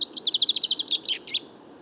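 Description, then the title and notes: Common chaffinch song: one rapid, even trill of many notes that breaks into a few lower, scratchy notes at the end. Bois de Vincennes, France, 16 February 2019; first song of the year; fine weather; song confused, weaker than typical, small babbles; courtship song towards nearby females; Nagra Seven, Wiltronic parabola, mono. "Premier Pinson des arbres 2019. Bois de Vincennes - 16 février 2019-Nagra seven - Parabole Wiltronic mono: mon premier chant de Pinson des arbres (Fringilla coelebs) enregistré en 2019"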